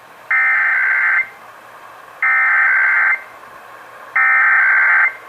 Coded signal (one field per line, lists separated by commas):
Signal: Emergency Alert System (SAME) tones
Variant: header bursts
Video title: (EAS #974-982) January 2026 Texas Required Monthly Test